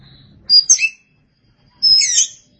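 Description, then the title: Oriental magpie-robin song in two brief phrases of high, slurred whistles and chirps, with a faint low hum underneath early on. "Suara Kicauan Burung Kacer"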